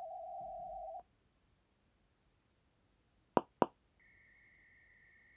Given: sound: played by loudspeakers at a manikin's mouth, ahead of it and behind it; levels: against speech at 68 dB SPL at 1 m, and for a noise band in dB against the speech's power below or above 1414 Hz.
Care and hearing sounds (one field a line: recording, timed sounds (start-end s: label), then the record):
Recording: test signals for a remote microphone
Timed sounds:
0.00-1.00 s: noise band at 707 Hz, -13 dB
3.37 s: click
3.62 s: click
4.00-5.37 s: noise band at 2000 Hz, -13 dB
From the record:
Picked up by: measurement microphone